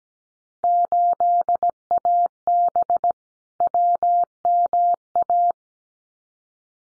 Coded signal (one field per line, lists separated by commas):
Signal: Morse code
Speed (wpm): 17 wpm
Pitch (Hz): 700 Hz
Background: none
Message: 8AB WMA